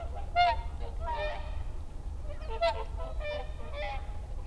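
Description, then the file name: Whooper swan honking calls: a handful of nasal trumpeting notes over a steady low rumble. Recorded 30 December 2009. "20091230 oohakutyo"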